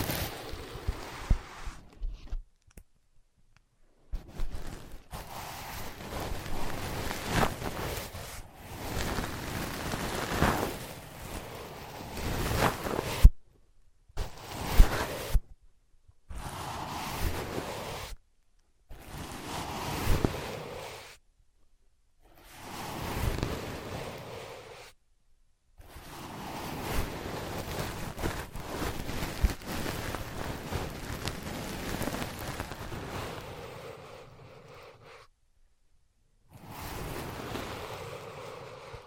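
Ear pads used as the ears get tapped, scratched and traced, giving a soft, rough rustling that swells and fades. Long scratchy stretches alternate with short bursts, each broken by sudden full silences, with occasional sharp taps marking the starts.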